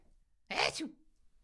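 A single imitated sneeze by an adult man, lasting about half a second: a sudden hissing burst followed by a brief, voiced, squeaky tail that sounds more like a yelp than a yell, like a little cat caught in a snare. Quiet room otherwise.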